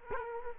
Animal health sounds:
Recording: mosquito wingbeat signal from an infrared sensor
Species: Culex quinquefasciatus

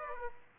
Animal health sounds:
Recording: mosquito wingbeat signal from an infrared sensor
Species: Aedes aegypti

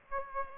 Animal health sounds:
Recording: mosquito wingbeat signal from an infrared sensor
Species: Aedes aegypti

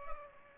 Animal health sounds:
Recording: mosquito wingbeat signal from an infrared sensor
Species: Culex pipiens

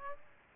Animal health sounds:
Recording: mosquito wingbeat signal from an infrared sensor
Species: Aedes aegypti

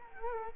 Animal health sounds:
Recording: mosquito wingbeat signal from an infrared sensor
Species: Culex quinquefasciatus

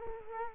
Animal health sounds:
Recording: mosquito wingbeat signal from an infrared sensor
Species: Culex quinquefasciatus

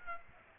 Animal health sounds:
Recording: mosquito wingbeat signal from an infrared sensor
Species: Aedes aegypti

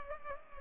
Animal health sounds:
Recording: mosquito wingbeat signal from an infrared sensor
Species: Culex pipiens

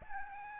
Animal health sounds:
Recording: mosquito wingbeat signal from an infrared sensor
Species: Aedes albopictus

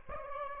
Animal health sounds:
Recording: mosquito wingbeat signal from an infrared sensor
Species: Aedes albopictus

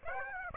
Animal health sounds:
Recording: mosquito wingbeat signal from an infrared sensor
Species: Aedes aegypti

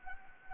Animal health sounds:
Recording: mosquito wingbeat signal from an infrared sensor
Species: Anopheles gambiae

